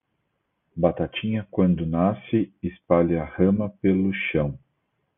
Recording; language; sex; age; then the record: short text; Brazilian Portuguese; male; 40 to 49 years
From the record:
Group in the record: control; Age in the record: 40 years